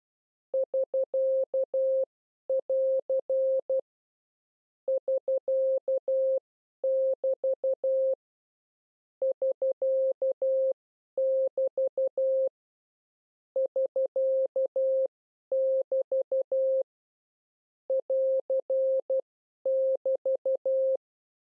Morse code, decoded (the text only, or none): <SK><AR> <SK><BT> <SK><BT> <SK><BT> <AR><BT>